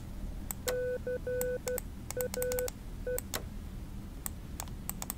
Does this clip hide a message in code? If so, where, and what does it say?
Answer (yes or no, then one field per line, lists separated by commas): yes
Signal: Morse code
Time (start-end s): 0.7-3.2 s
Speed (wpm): 12 wpm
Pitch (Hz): 500 Hz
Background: none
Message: CAE